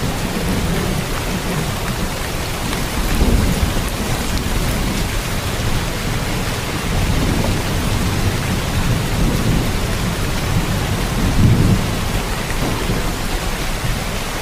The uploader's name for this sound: Rainy night